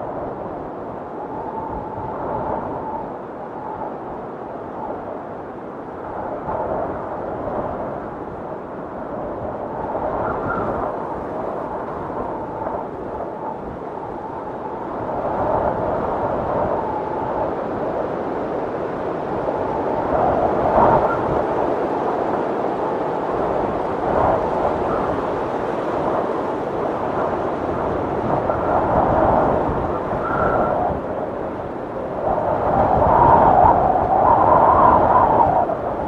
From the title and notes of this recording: Sleep Soundly with Windstorm Ambience Soothing Sounds for Deep Rest.